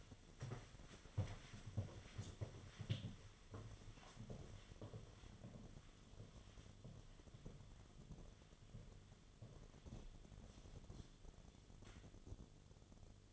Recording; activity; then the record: daily activity, microphone in the room; walk to room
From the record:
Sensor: 4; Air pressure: 1011.0 hPa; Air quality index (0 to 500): 158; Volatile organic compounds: 4 ppm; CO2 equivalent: 1618 ppm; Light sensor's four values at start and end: 43/123/49/51 and 44/125/50/52